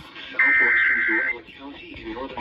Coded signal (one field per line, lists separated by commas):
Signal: Emergency Alert System (SAME) tones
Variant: header bursts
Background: speech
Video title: Severe Thunderstorm Warning On Multiple Stations EAS#586-591